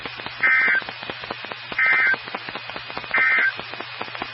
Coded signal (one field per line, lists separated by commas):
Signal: Emergency Alert System (SAME) tones